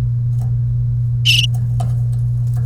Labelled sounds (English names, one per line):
Domestic Canary song